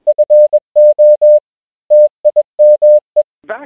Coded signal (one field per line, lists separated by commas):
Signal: Morse code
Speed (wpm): 21 wpm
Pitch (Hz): 600 Hz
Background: music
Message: FO TIME